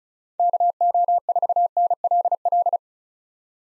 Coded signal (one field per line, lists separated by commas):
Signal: Morse code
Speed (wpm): 34 wpm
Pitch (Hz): 700 Hz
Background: none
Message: KO4NLL